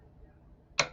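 A click-type torque wrench set to 83 lb-ft tightens the fifth wheel lug nut. After a quiet stretch while the nut moves, the wrench gives one sharp, bright click at 0.8 s, showing it has reached its 83 lb-ft setting.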